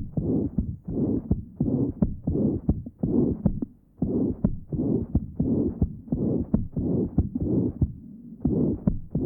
Severe mitral insufficiency, recording taken at mitral area. Note the pan-systolic murmur and the loud third sound.